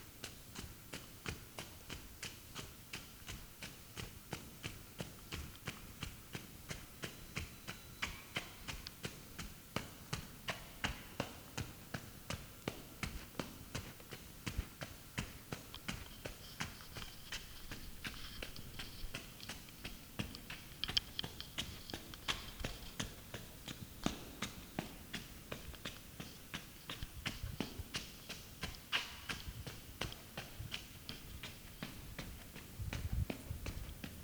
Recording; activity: daily activity, guitar pickup as the sensor; run